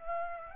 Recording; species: mosquito wingbeat signal from an infrared sensor; Aedes aegypti